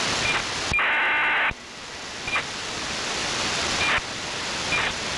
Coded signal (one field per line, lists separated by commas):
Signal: ACARS aircraft data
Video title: How to decode ACARS using SDRuno & MultiPSK (MV016)